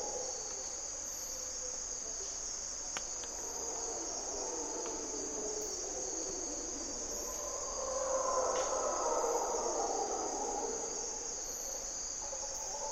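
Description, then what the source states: Mantled howler monkeys howling, a low roar that swells loudly after several seconds then eases, with constant high insect trilling and short repeated chirps throughout. Mantled howler monkeys (Monos Congos) waking the jungle at morning twilight in Parque Nacional Corcovado, Osa Peninsula, Costa Rica; distinctive grunts and calls.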